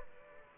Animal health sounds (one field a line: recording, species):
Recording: mosquito wingbeat signal from an infrared sensor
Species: Aedes aegypti